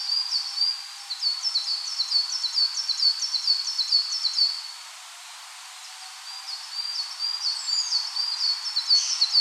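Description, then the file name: Coal tit song of fast, high paired notes, a pause of nearly two seconds, then another bout with a thin slurred note mixed in. "Parus ater"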